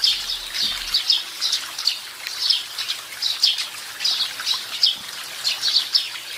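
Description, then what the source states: Sparrows chirping in a busy chorus, quick high chirps in irregular bursts, with a soft water-like hiss underneath. Relaxing bird chirping sounds played back from an Alexa skill; sparrows, locally called spuggies (Geordie name).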